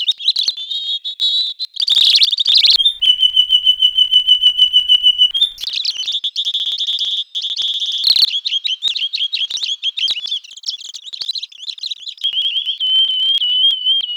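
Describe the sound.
Bird song, a long varied sequence of high whistles, rapid chattering trills and a sustained pure whistled note, with fast repeated elements throughout.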